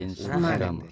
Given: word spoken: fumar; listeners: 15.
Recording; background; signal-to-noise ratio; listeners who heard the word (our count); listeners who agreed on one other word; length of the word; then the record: one Spanish word in noise, from a listening test; four-talker babble; 0.3 dB; 0 of 15; 8 of 15; 0.52 s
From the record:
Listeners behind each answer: 8, 2, 1, 1, 1, 1, 1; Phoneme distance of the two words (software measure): 14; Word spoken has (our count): 2 syllables, 5 phonemes, stress on syllable 2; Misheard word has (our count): 1 syllable, 3 phonemes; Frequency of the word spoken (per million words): 15.80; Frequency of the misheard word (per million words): 150.90